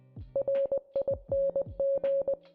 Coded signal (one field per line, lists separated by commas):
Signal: Morse code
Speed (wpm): 20 wpm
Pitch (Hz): 550 Hz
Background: music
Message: RING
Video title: The String: Story of How I Met My Soulmate [Morse Code Dub] (Animation)